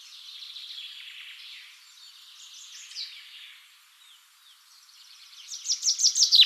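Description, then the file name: Common chaffinch: soft, hissy chattering notes at first, then a loud run of rapid, sharply descending notes at the end. "Fringilla coelebs"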